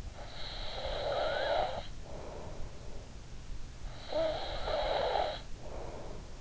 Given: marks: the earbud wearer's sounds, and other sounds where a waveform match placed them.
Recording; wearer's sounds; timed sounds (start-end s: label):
sounds in sleep by an in-ear microphone; snoring breath
0.21-2.82 s: snoring breath
4.06-6.41 s: snoring breath